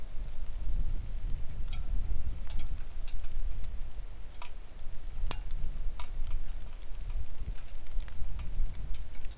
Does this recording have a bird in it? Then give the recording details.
no. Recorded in the Arctic National Wildlife Refuge, Alaska, on 3 August 2019 at 09:37. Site 41